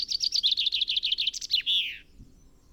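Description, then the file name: Common chaffinch song phrase: a quick series of repeated high notes, then a brief falling terminal flourish. "Fringilla coelebs"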